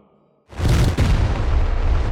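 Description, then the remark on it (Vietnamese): A sudden, loud explosion bursts in after a moment of near silence, followed by a sustained, heavy rumbling roar with a deep low-end that keeps going without fading. “Một tiếng nổ vang lên, tôi thì chân hững.”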